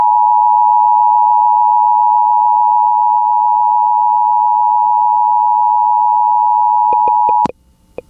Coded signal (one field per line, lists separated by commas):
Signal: Emergency Alert System (SAME) tones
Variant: 853 and 960 Hz attention tone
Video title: (EAS #31) Central California FLASH FLOOD WARNING